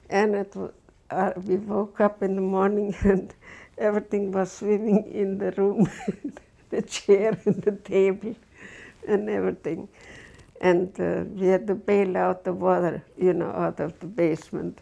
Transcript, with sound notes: And that was, uh, we woke up in the morning and everything was swimming in the room. (She laughs.) The chair and the table and everything. And we had to bail out the water, you know, out of the basement.